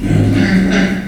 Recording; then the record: squeal of a Yucatan mini pig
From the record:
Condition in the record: after surgery on the right vocal fold (resection and tissue-engineered implant); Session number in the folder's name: 1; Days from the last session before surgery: 13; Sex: female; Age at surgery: 19 weeks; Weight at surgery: 25 kg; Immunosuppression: prednisolone